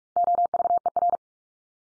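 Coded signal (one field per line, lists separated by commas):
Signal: Morse code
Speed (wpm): 44 wpm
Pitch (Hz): 700 Hz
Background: none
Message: OVER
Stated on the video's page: Morse drill of the 100 most common English words at 45 wpm, each sent three times, spoken, then sent again for head-copy.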